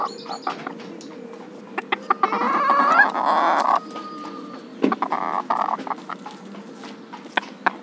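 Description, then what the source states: Chicken calls: a noisy cackling burst midway among scattered clicks and taps, with a steady tone and low background hum throughout. More than one chicken.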